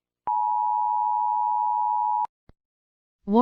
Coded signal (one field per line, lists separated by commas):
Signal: Emergency Alert System (SAME) tones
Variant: 853 and 960 Hz attention tone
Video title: EAS Scenario: AVDD60